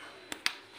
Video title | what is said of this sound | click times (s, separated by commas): PERBAIKAN NINJA 250 FI KODE SERVIS 14/ KODE MIL 14 | klik ya guys Oke kita | 0.3 s, 0.5 s